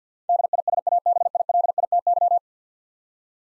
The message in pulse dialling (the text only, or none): none